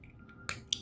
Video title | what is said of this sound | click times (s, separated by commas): Edoggz Reviews: Target Exclusive AOTP 4PK.- PART.4 Nemesis Prime | and it's going to click into place. | 0.7 s